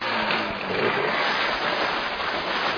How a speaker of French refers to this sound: C'est le moteur du bateau de pêche qui embarque avec des pêcheurs dans l'Oc Tanganyika. Depuis la plage de pêche appelée Olympique, quartier Nyabugete, zone Kanyosha, commune Mouha, au sud de la mairie de Bujumbura.